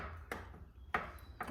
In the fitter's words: It snapped right in there.